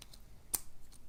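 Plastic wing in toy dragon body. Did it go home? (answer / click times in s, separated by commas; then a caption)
yes / 0.5 s. Someone moves the small plastic wings of a Burger King fast-food toy dragon from the November 2016 Dragons: Race to the Edge series into position on the dragon's body. A sharp small click comes at 0.6 s, with fainter ticks around it and another clear tick near 1.1 s. The wings click and seat in place.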